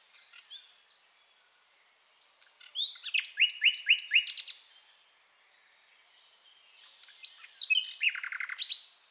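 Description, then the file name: Common nightingale singing two phrases: soft opening notes, then a loud run of rapid repeated chopped notes, a pause, then another rattling, trilled phrase. "Luscinia megarhynchos"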